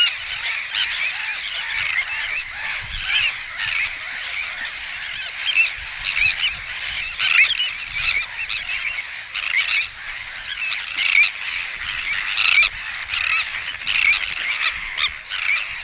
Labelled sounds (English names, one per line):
Sandwich Tern call